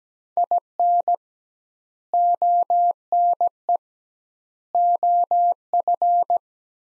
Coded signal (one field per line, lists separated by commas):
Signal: Morse code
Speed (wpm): 17 wpm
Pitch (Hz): 700 Hz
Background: none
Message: IN ONE OF